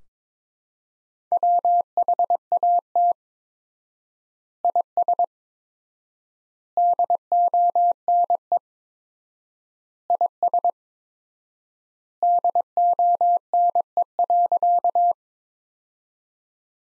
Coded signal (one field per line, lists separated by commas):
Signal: Morse code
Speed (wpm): 21 wpm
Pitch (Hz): 700 Hz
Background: none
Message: WHAT IS DONE IS DONE.